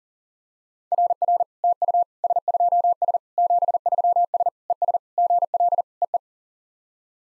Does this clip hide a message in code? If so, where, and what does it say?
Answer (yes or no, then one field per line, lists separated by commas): yes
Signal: Morse code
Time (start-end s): 0.9-6.2 s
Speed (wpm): 40 wpm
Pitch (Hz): 700 Hz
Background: none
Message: RR TU S2S 73S ES GL EE